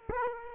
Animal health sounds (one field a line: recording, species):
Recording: mosquito wingbeat signal from an infrared sensor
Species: Aedes aegypti